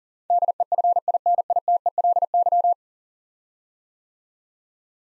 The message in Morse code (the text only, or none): DEFINITELY